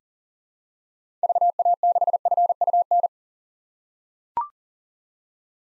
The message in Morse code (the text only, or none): VA6FUN